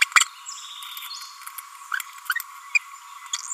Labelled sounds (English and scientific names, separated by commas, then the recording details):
Green-rumped Parrotlet (Forpus passerinus) babbling
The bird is a female
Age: 30 days
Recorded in a nest box in Venezuela
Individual 17B42A4